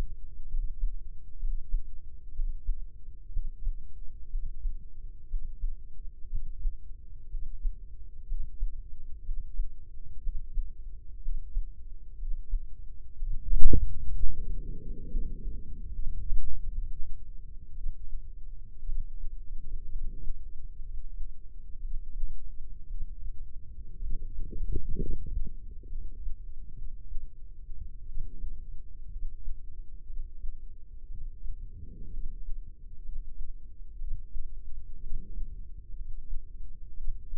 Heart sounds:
heart sounds by microphone in the left ear; 61 bpm
0.48 s: heartbeat
1.38 s: heartbeat
2.33 s: heartbeat
3.30 s: heartbeat
4.29 s: heartbeat
5.27 s: heartbeat
6.28 s: heartbeat
7.28 s: heartbeat
8.26 s: heartbeat
9.22 s: heartbeat
10.20 s: heartbeat
11.20 s: heartbeat
12.16 s: heartbeat
13.16 s: heartbeat
14.12 s: heartbeat
15.08 s: heartbeat
15.91 s: heartbeat
16.70 s: heartbeat
17.73 s: heartbeat
18.84 s: heartbeat
19.87 s: heartbeat
20.79 s: heartbeat
21.80 s: heartbeat
22.86 s: heartbeat
23.99 s: heartbeat
24.97 s: heartbeat
25.88 s: heartbeat
26.73 s: heartbeat
28.04 s: heartbeat
29.07 s: heartbeat
30.05 s: heartbeat
31.06 s: heartbeat
32.09 s: heartbeat
33.00 s: heartbeat
33.96 s: heartbeat
34.99 s: heartbeat
35.93 s: heartbeat
36.93 s: heartbeat
From the record:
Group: healthy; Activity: breath hold 0-13 s, rest 13-37 s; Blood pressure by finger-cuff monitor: 124/82 mmHg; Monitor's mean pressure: 99 mmHg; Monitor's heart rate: 61 bpm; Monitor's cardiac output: 5.6 L/min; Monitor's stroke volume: 88 mL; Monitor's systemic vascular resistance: 1300 dyn s/cm5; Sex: female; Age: 23 years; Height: 160 cm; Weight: 50.4 kg

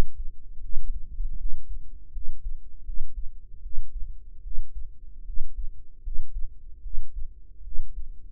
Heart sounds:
heart sounds by microphone in the right ear; 77 bpm
0.60 s: heartbeat
1.36 s: heartbeat
2.11 s: heartbeat
2.83 s: heartbeat
3.61 s: heartbeat
4.41 s: heartbeat
5.24 s: heartbeat
6.01 s: heartbeat
6.81 s: heartbeat
7.62 s: heartbeat
From the record:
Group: healthy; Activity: rest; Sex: female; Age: 19 years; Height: 163 cm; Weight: 48.9 kg

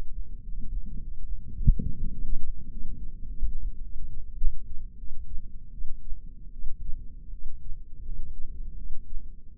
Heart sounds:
heart sounds by microphone in the left ear; 92 bpm
0.43 s: heartbeat
0.98 s: heartbeat
1.54 s: heartbeat
2.10 s: heartbeat
2.69 s: heartbeat
3.25 s: heartbeat
3.81 s: heartbeat
4.37 s: heartbeat
4.97 s: heartbeat
5.72 s: heartbeat
6.51 s: heartbeat
7.31 s: heartbeat
8.03 s: heartbeat
8.76 s: heartbeat
9.56 s: heartbeat
From the record:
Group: healthy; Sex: female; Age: 19 years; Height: 163 cm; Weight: 51 kg

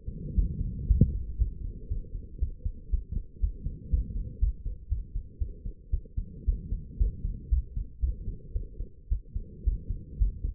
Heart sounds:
heart sounds by stethoscope; 116 bpm
0.36 s: heartbeat
0.88 s: heartbeat
1.38 s: heartbeat
1.89 s: heartbeat
2.40 s: heartbeat
2.91 s: heartbeat
3.41 s: heartbeat
3.91 s: heartbeat
4.40 s: heartbeat
4.90 s: heartbeat
5.39 s: heartbeat
5.92 s: heartbeat
6.46 s: heartbeat
6.98 s: heartbeat
7.50 s: heartbeat
8.01 s: heartbeat
8.53 s: heartbeat
9.10 s: heartbeat
9.65 s: heartbeat
10.19 s: heartbeat
From the record:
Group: healthy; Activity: rest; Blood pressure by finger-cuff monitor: 97/58 mmHg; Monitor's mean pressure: 71 mmHg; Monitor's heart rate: 118 bpm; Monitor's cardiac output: 10.1 L/min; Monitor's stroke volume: 85 mL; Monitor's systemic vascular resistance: 510 dyn s/cm5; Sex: female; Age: 22 years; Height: 161 cm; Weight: 65.5 kg

